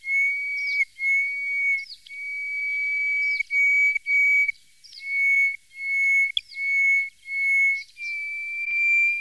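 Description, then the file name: Greater hoopoe-lark song: a string of long, clear, level whistles, each introduced by a short curved higher note, repeated with brief pauses. "Jean C Roche - Sirli du desert"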